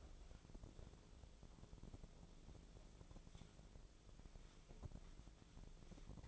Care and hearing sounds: daily activity, microphone in the room; wipe stove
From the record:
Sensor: 5

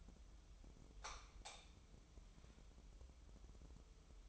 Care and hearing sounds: daily activity, microphone in the room; light on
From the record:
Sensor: 1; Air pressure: 988.4 hPa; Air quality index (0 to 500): 198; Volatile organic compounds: 1000 ppm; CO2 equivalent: 5288 ppm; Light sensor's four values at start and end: 8/21/8/10 and 12/37/14/15

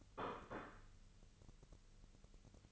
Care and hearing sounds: daily activity, microphone in the room; place plate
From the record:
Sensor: 4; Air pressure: 1008.3 hPa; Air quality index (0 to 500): 82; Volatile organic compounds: 1 ppm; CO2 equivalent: 652 ppm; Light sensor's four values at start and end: 14/33/13/13 and 14/33/13/13

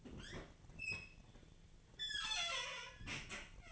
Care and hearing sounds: daily activity, microphone in the room; open fridge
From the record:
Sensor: 4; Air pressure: 1010.5 hPa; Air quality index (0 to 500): 177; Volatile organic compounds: 5 ppm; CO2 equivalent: 1800 ppm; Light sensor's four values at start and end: 32/95/37/37 and 29/86/34/34

